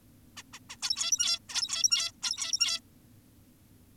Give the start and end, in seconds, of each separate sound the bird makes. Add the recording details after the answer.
0.37-0.43, 0.53-0.59, 0.70-0.77, 0.82-1.39, 1.49-2.12, 2.23-2.80. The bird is an adult. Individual g17y2U